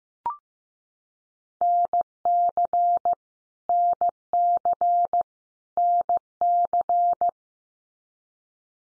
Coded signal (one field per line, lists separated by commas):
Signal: Morse code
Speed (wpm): 15 wpm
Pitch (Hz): 700 Hz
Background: none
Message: NC NC NC